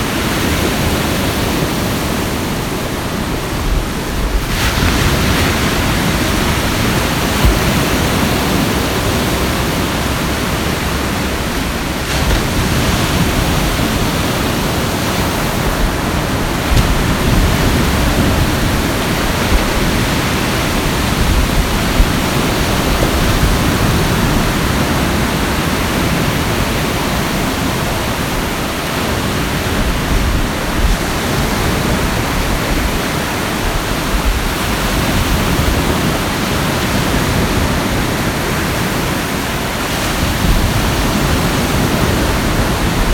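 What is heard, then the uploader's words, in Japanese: Surf on a Sea of Japan beach makes a dense, constant roar of rushing water that fills everything from deep rumble to hiss. The level stays nearly even throughout, with only slight swells as waves break and wash in, around 4, 12, 16 and 30 seconds. 鳥取東浜の潮騒。日本海東浜の潮騒。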